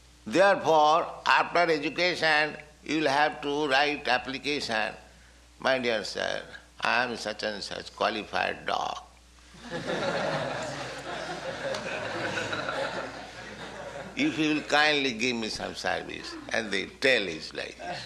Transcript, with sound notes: Therefore, after education you'll have to write application, "My dear sir, I am such-and-such qualified dog. [laughter] If you'll kindly give me some service." And the tail is like this.